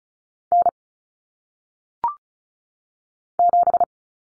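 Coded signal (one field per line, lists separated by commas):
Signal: Morse code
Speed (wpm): 36 wpm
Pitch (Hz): 700 Hz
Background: none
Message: N 7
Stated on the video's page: Common single-digit cut numbers in Morse code at 35 wpm, head-copy drill, each number sent twice.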